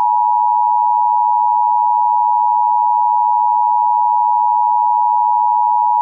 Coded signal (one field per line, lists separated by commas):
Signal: Emergency Alert System (SAME) tones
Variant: 853 and 960 Hz attention tone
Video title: EAS Reenactment Mock: Harvey wreaks havoc [v3] - 08/25/2017